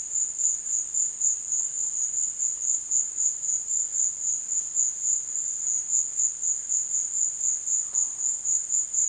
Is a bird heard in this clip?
no